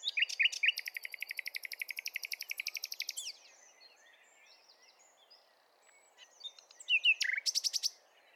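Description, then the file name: Common nightingale song: a few sharp notes, a long rapid rattle of many notes, a quieter stretch with soft chirps, then another loud rattling phrase. "Luscinia megarhynchos"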